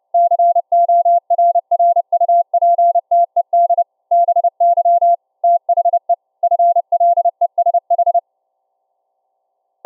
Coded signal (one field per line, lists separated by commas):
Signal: Morse code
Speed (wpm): 29 wpm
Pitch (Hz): 690 Hz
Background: none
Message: CORRUPTED BY THE FLESH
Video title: ULF CW Raspberry pi SDR Transmitter & Laptop SDR Receiver for TTE Radio Comms between Cave & Surface